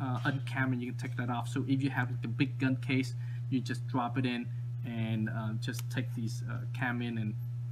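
Someone talks while handling the takedown barrel of an airsoft bolt-action sniper rifle, preparing to slide it into the receiver and lock it with the quick-detach cam levers. A steady low hum runs underneath the speech throughout. Nothing has seated or clicked yet.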